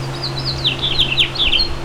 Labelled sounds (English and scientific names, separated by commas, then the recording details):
House Finch (Haemorhous mexicanus) song
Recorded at Merrick on Long Island, New York, on 17 May 2013
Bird B